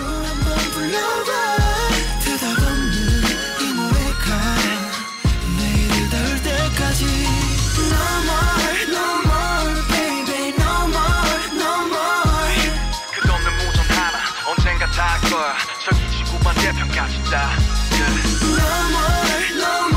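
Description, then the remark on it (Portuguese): A loud, dense stretch of metal music: heavy driving drums, thick layered guitars and bright crashing cymbals playing continuously with a steady, pounding rhythm and no voices. “Vamos ouvir 30 segundos da música, então?”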